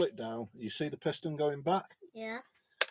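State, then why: Seated. An air rifle's under-lever is pulled down, drawing the piston back while someone talks. At 2.8 s a sharp metallic click is heard as the cocking mechanism locks open in the cocked position, ready for a pellet.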